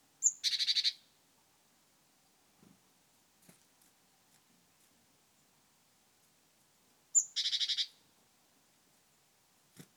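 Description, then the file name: Great tit giving two harsh, buzzy churr calls, each opened by a sharp high note, about seven seconds apart, with faint ticks in between. "Parus major"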